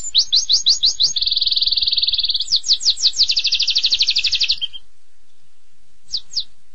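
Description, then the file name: Canary song opening with quick repeated down-slurred notes, then a steady high trill and more sweeping notes, ending abruptly with a couple of faint notes after a pause. Canary singing constantly and vigorously (gacor). "kenari gacor"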